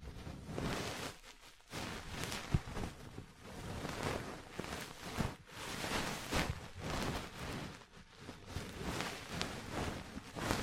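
Close rustling and soft scraping from ear cleaning and massage, with brief taps and crackles scattered through. The sound comes in uneven bursts that swell and fade every second or so, with short quiet gaps near 1.5 and 5.5 seconds.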